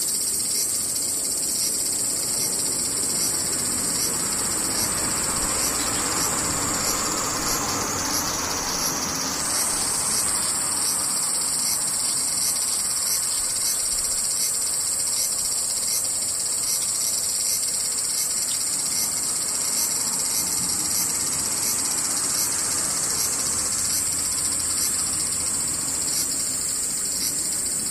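Cicadas drone without pause for the whole half minute, a dense, high, hissing buzz that holds nearly level. Around seven to ten seconds one voice slides downward in pitch before settling back. A soft lower rush swells and fades underneath, around six and again near twenty-four seconds.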